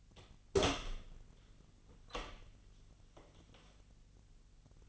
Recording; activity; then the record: daily activity, microphone in the room; open door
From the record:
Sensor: 4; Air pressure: 1010.0 hPa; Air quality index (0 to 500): 192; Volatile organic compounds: 3 ppm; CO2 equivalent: 1382 ppm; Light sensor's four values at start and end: 35/86/35/37 and 33/81/33/35